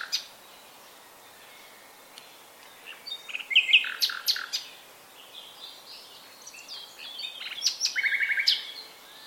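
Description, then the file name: Common nightingale song with scattered chips building to loud clicking notes, then a fast buzzy trill of repeated notes near the end. "Luscinia megarhynchos"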